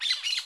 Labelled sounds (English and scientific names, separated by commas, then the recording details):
Brown-throated Parakeet (Eupsittula pertinax) contact call
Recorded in Curacao
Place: along powerline, near entrance of Santa Barbara resort
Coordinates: 12.068, -68.844